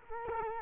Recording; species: mosquito wingbeat signal from an infrared sensor; Culex quinquefasciatus